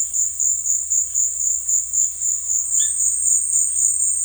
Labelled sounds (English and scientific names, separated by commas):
none